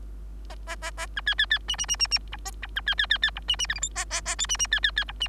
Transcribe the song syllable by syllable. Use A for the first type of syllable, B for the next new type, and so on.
A A A A B C C C D D D D D E A E B C C C C E D D F G H A A A I D D C C C E D